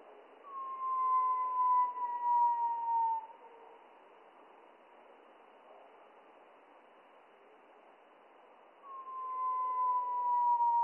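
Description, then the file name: Spotted flycatcher song, slowed, as long, smooth, slightly falling whistles with a faint higher overtone, two notes about eight seconds apart over a soft hiss. Song slowed down three octaves; mono recording. "GOBE MOUCHE GRIS MOINS TROIS OCTAVES MONO"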